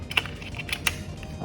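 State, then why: Seated. A battery pack is inserted into a camcorder's battery slot in the direction shown by the diagram and pushed until it locks. A series of short, sharp clicks and taps is heard around 0.1, 0.2, 0.3, 0.6, 0.7 and 0.9 seconds, with the loudest at 0.2 and 0.9 seconds. The battery clicks into place and locks at 0.9 seconds.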